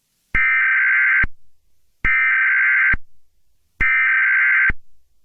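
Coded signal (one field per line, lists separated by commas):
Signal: Emergency Alert System (SAME) tones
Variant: header bursts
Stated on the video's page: Fictional alert scenario, not a real broadcast.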